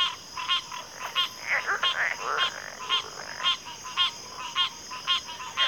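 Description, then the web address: Crickets in chorus, a steady high trilling drone beneath loud pulsed chirps repeating about twice a second, with softer overlapping calls in the middle. Cricket chorus recorded at a backwater. "Natures Songs Sleep Sounds of Nature CRICKETS Backwater Chorus"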